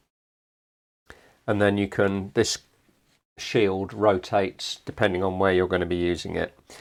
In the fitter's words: and it will lock into place